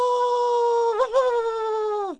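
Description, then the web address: Wolf giving one long, steady, tonal howl that wavers and shakes briefly midway, then holds level before dropping off at the end. Shaky howl. "Voice Box. Wolf Shaky Howl"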